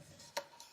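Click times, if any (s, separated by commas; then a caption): 0.4 s. A finger presses the small button on top of the locking handle of a portable cooker pot, releasing the handle so it can move. A short, sharp tick-like click sounds at 0.4 s, followed by a fainter tick around 0.6 s, and the handle is released.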